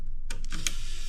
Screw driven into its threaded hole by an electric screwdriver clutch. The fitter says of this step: you get that little clicking